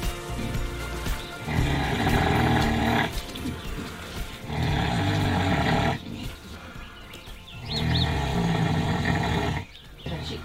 She's snoring. Like totally out of sleep, exhausted from the kids.